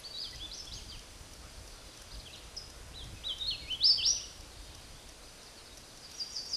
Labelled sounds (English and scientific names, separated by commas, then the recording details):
Hooded Warbler (Setophaga citrina) song
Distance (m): 15 m
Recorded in a Pennsylvania forest on 17 May 2023 at 13:34
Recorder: AudioMoth, point grid1_11_low
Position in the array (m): 232 m, 103 m